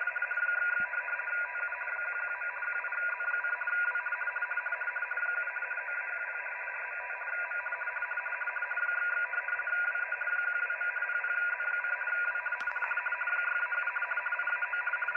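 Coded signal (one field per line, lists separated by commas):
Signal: RTTY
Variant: 50 baud, 850 Hz shift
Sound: steady rapid two-tone warbling teleprinter chatter buried in loud, even radio hiss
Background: radio static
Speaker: let you have a little look at this really coming through there now right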